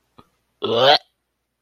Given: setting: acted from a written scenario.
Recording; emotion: vocal sound without words; disgust